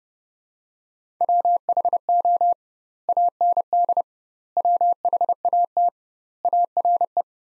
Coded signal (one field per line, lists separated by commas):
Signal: Morse code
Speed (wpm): 30 wpm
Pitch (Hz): 700 Hz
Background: none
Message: WHO AND WHAT ARE